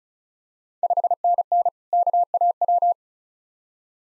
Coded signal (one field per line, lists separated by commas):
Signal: Morse code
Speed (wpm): 34 wpm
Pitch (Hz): 700 Hz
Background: none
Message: 5NN KAW